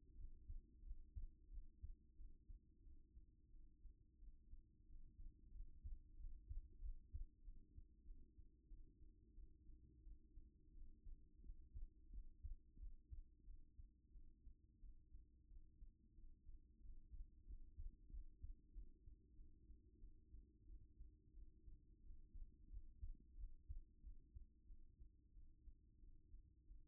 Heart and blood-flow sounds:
heart sounds by stethoscope; 90 bpm
0.13 s: heartbeat
0.80 s: heartbeat
1.46 s: heartbeat
2.13 s: heartbeat
2.80 s: heartbeat
3.48 s: heartbeat
4.16 s: heartbeat
4.83 s: heartbeat
5.49 s: heartbeat
6.14 s: heartbeat
6.78 s: heartbeat
7.40 s: heartbeat
8.02 s: heartbeat
8.65 s: heartbeat
9.32 s: heartbeat
10.00 s: heartbeat
10.69 s: heartbeat
11.39 s: heartbeat
12.07 s: heartbeat
12.75 s: heartbeat
13.42 s: heartbeat
14.09 s: heartbeat
14.77 s: heartbeat
15.45 s: heartbeat
16.12 s: heartbeat
16.77 s: heartbeat
17.42 s: heartbeat
18.07 s: heartbeat
18.70 s: heartbeat
19.32 s: heartbeat
19.97 s: heartbeat
20.63 s: heartbeat
21.31 s: heartbeat
21.98 s: heartbeat
22.66 s: heartbeat
23.33 s: heartbeat
23.98 s: heartbeat
24.64 s: heartbeat
25.30 s: heartbeat
25.97 s: heartbeat
26.63 s: heartbeat
From the record:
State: after exercise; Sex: female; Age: 28 years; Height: 167 cm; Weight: 60 kg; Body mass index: 21.51

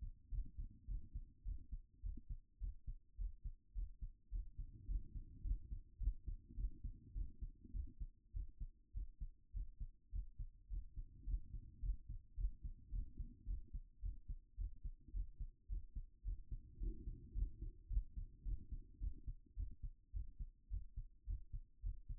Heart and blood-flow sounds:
heart sounds by stethoscope; 107 bpm
0.30 s: heartbeat
0.86 s: heartbeat
1.43 s: heartbeat
2.01 s: heartbeat
2.59 s: heartbeat
3.16 s: heartbeat
3.73 s: heartbeat
4.30 s: heartbeat
4.86 s: heartbeat
5.42 s: heartbeat
5.98 s: heartbeat
6.55 s: heartbeat
7.13 s: heartbeat
7.72 s: heartbeat
8.32 s: heartbeat
8.92 s: heartbeat
9.52 s: heartbeat
10.11 s: heartbeat
10.68 s: heartbeat
11.25 s: heartbeat
11.80 s: heartbeat
12.35 s: heartbeat
12.90 s: heartbeat
13.45 s: heartbeat
14.01 s: heartbeat
14.56 s: heartbeat
15.12 s: heartbeat
15.68 s: heartbeat
16.23 s: heartbeat
16.78 s: heartbeat
17.33 s: heartbeat
17.88 s: heartbeat
18.43 s: heartbeat
18.99 s: heartbeat
19.55 s: heartbeat
20.12 s: heartbeat
20.69 s: heartbeat
21.25 s: heartbeat
21.81 s: heartbeat
From the record:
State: at rest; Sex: female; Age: 36 years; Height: 178 cm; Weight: 74 kg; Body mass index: 23.36

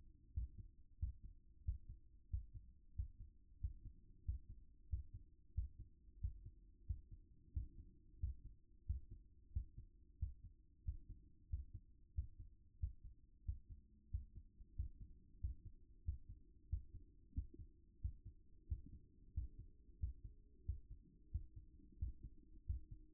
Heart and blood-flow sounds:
heart sounds by stethoscope; 91 bpm
0.34 s: heartbeat
0.99 s: heartbeat
1.65 s: heartbeat
2.30 s: heartbeat
2.95 s: heartbeat
3.61 s: heartbeat
4.25 s: heartbeat
4.89 s: heartbeat
5.55 s: heartbeat
6.21 s: heartbeat
6.86 s: heartbeat
7.53 s: heartbeat
8.20 s: heartbeat
8.86 s: heartbeat
9.53 s: heartbeat
10.19 s: heartbeat
10.85 s: heartbeat
11.50 s: heartbeat
12.15 s: heartbeat
12.80 s: heartbeat
13.45 s: heartbeat
14.11 s: heartbeat
14.76 s: heartbeat
15.40 s: heartbeat
16.05 s: heartbeat
16.69 s: heartbeat
17.34 s: heartbeat
18.01 s: heartbeat
18.68 s: heartbeat
19.34 s: heartbeat
20.00 s: heartbeat
20.65 s: heartbeat
21.31 s: heartbeat
21.99 s: heartbeat
22.66 s: heartbeat
From the record:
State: at rest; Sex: male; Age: 53 years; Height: 175 cm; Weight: 88 kg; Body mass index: 28.73

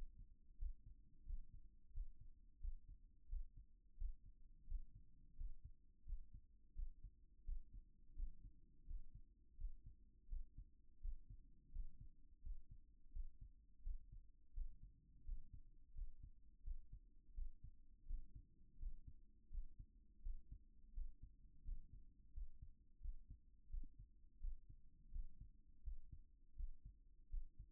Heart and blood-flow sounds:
heart sounds by stethoscope; 85 bpm
0.57 s: heartbeat
1.24 s: heartbeat
1.92 s: heartbeat
2.59 s: heartbeat
3.27 s: heartbeat
3.96 s: heartbeat
4.66 s: heartbeat
5.35 s: heartbeat
6.04 s: heartbeat
6.74 s: heartbeat
7.43 s: heartbeat
8.14 s: heartbeat
8.85 s: heartbeat
9.56 s: heartbeat
10.27 s: heartbeat
10.99 s: heartbeat
11.71 s: heartbeat
12.41 s: heartbeat
13.11 s: heartbeat
13.81 s: heartbeat
14.52 s: heartbeat
15.23 s: heartbeat
15.93 s: heartbeat
16.62 s: heartbeat
17.33 s: heartbeat
18.05 s: heartbeat
18.77 s: heartbeat
19.49 s: heartbeat
20.21 s: heartbeat
20.92 s: heartbeat
21.63 s: heartbeat
22.32 s: heartbeat
23.00 s: heartbeat
23.68 s: heartbeat
24.39 s: heartbeat
25.10 s: heartbeat
25.82 s: heartbeat
26.54 s: heartbeat
27.28 s: heartbeat
From the record:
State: at rest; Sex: male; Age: 52 years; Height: 176 cm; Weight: 105 kg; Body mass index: 33.90

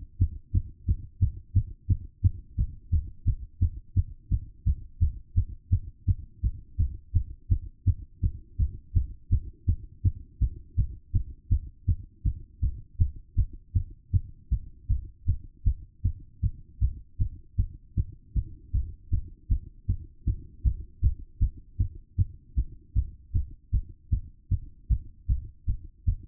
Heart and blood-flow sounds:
heart sounds by stethoscope; 158 bpm
0.19 s: heartbeat
0.52 s: heartbeat
0.86 s: heartbeat
1.20 s: heartbeat
1.54 s: heartbeat
1.88 s: heartbeat
2.22 s: heartbeat
2.56 s: heartbeat
2.91 s: heartbeat
3.25 s: heartbeat
3.60 s: heartbeat
3.95 s: heartbeat
4.29 s: heartbeat
4.65 s: heartbeat
5.00 s: heartbeat
5.35 s: heartbeat
5.70 s: heartbeat
6.06 s: heartbeat
6.42 s: heartbeat
6.78 s: heartbeat
7.13 s: heartbeat
7.49 s: heartbeat
7.85 s: heartbeat
8.21 s: heartbeat
8.58 s: heartbeat
8.94 s: heartbeat
9.30 s: heartbeat
9.66 s: heartbeat
10.03 s: heartbeat
10.39 s: heartbeat
10.76 s: heartbeat
11.13 s: heartbeat
11.50 s: heartbeat
11.86 s: heartbeat
12.23 s: heartbeat
12.61 s: heartbeat
12.98 s: heartbeat
13.36 s: heartbeat
13.73 s: heartbeat
14.11 s: heartbeat
14.50 s: heartbeat
14.88 s: heartbeat
15.26 s: heartbeat
15.64 s: heartbeat
16.03 s: heartbeat
16.41 s: heartbeat
16.80 s: heartbeat
17.18 s: heartbeat
17.57 s: heartbeat
17.95 s: heartbeat
18.34 s: heartbeat
18.72 s: heartbeat
19.11 s: heartbeat
19.49 s: heartbeat
19.87 s: heartbeat
20.25 s: heartbeat
20.63 s: heartbeat
21.02 s: heartbeat
21.40 s: heartbeat
21.78 s: heartbeat
22.16 s: heartbeat
22.55 s: heartbeat
22.94 s: heartbeat
23.33 s: heartbeat
23.72 s: heartbeat
24.10 s: heartbeat
24.49 s: heartbeat
24.88 s: heartbeat
25.28 s: heartbeat
25.67 s: heartbeat
26.05 s: heartbeat
From the record:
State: after exercise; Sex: female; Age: 27 years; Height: 169 cm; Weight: 63 kg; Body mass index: 22.06

